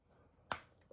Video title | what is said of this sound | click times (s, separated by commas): Muzzle exercise mashup | I'm going to click it without getting his hair. | 0.5 s